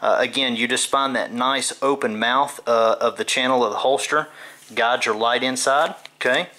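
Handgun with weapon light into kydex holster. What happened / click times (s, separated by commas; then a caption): The item is being handled toward the holster but has not clicked in yet / none. A handgun with a weapon light is guided into the open mouth of a Raven Concealment VG3 (Vanguard 3) kydex holster worn strong side, to be pushed down until the retention snaps. Someone talks throughout, with only faint handling sounds underneath. The clip ends before the gun goes home, and nothing has seated or clicked yet.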